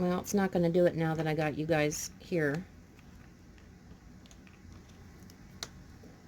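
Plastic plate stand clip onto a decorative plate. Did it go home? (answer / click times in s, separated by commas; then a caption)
yes / 5.6 s. A plastic plate stand is worked onto a decorative plate again after a failed try while someone talks. After the talking stops, there are a few faint handling ticks, then a single sharp snap at 5.6 s as the stand seats onto the plate and holds it up.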